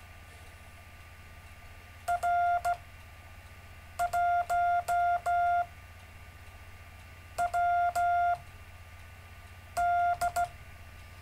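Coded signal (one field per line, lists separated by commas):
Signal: Morse code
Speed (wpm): 16 wpm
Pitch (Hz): 700 Hz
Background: none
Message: R1WD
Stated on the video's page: Gentle Morse code practice sent on a live stream.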